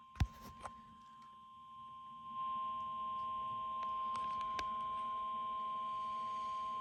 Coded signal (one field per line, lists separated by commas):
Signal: Emergency Alert System (SAME) tones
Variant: 1050 Hz attention tone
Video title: EAS Severe Thunderstorm Warning WXL40 & 101.3 FM EAS#211